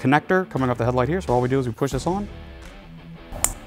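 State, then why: Seated. A plug-and-play connector from a Jeep Gladiator Oculus headlight is pushed onto the factory plastic headlight wiring connector while someone talks over faint background music. A single sharp click at 3.4 s shows the connector has snapped in and seated.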